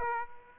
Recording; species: mosquito wingbeat signal from an infrared sensor; Aedes aegypti